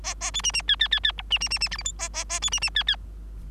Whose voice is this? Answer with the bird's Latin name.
Lonchura striata domestica